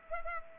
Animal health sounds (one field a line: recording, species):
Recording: mosquito wingbeat signal from an infrared sensor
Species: Culex pipiens